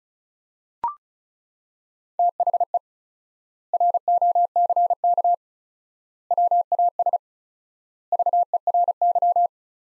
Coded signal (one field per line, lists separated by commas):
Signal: Morse code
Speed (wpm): 36 wpm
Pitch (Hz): 700 Hz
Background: none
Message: THE ROCK WAS VERY